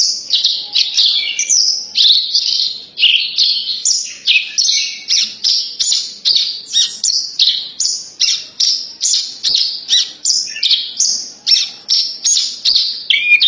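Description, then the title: Horsfield's bush lark giving a long run of quick, high, clipped notes in a continuous rhythmic stream, with some slightly lower notes mixed in. "branjangan"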